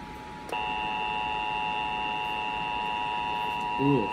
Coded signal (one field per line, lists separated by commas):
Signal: Emergency Alert System (SAME) tones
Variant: 853 and 960 Hz attention tone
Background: speech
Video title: Amber Alert for California EAS #38